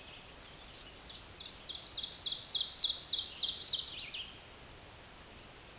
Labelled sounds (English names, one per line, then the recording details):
Ovenbird song
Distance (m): 25 m
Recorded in a Pennsylvania forest on 17 May 2023 at 13:40
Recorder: AudioMoth, point grid1_31_low
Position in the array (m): 170 m, 88 m